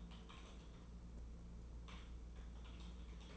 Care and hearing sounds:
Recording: daily activity, microphone in the room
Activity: typing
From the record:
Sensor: 1

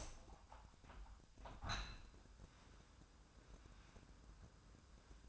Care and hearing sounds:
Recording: daily activity, microphone in the room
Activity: open window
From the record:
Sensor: 2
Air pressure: 997.8 hPa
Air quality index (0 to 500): 129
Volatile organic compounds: 3 ppm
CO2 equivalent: 1455 ppm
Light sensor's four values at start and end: 11/32/13/12 and 11/32/13/12

